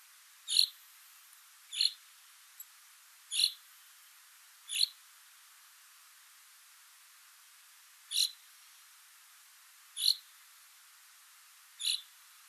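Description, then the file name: Common chaffinch repeating a short bright call note seven times, mostly evenly spaced with one longer pause midway. "Fringilla coelebs"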